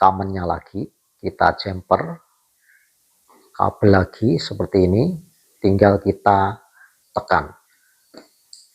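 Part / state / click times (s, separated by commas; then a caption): jumper wire into wall switch common terminal / seated / 8.2 s, 8.5 s. A jumper wire is pushed into the common push-in terminal of the neighbouring Panasonic wall switch while someone talks. Two short clicks sound at 8.2 s and 8.5 s as the wire locks into the terminal.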